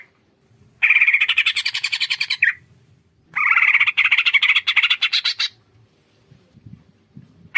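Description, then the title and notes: Leafbird song: two bursts of rapid, buzzy rattling chatter, each about two seconds long, separated by a short pause, with a faint low rumble underneath. Cage-bird training song (masteran) and lure song (pancingan) of a constantly singing bird. "Masteran & Pancingan Cucak Ijo Gacor. Burung Cucak Ijo"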